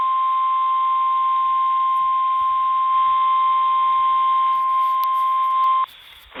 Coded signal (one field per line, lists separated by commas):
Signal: Emergency Alert System (SAME) tones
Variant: 1050 Hz attention tone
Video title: EAS #57: Severe Thunderstorm Warning